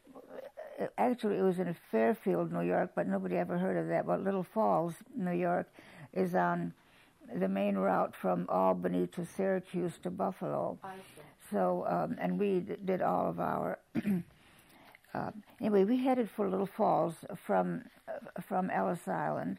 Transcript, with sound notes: — actually, it was in Fairfield, New York, but nobody ever heard of that, but Little Falls, New York is on the main route from Albany to Syracuse to Buffalo.
I see.
So — and we did all of our — [clears throat] anyway, we headed for Little Falls from — from Ellis Island.